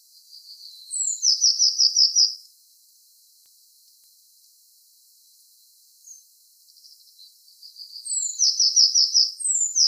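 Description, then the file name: Eurasian blue tit, two calls of a high downslurred note running into a fast chattering trill, separated by a quiet gap of several seconds. "Cyanistes caeruleus"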